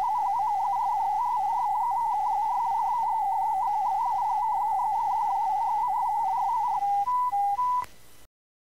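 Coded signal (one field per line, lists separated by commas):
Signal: multi-tone FSK (Olivia or MFSK type)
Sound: fast warbling tone hopping around 900 Hz, ending with a few stepped steady tones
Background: faint steady whine, light hiss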